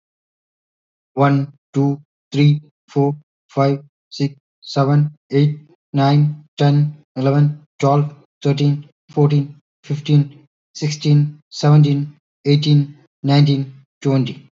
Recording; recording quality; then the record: counting at a normal pace; excellent, no background noise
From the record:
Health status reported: healthy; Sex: male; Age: 36 years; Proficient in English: yes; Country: India